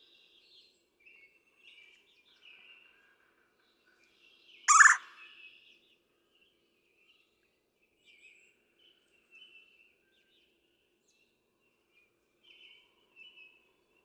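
Red-bellied woodpecker call: one loud, harsh burst about a third of the way in, with scattered faint, short, high notes before and after.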